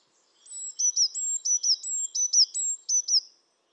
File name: Cyanistes caeruleus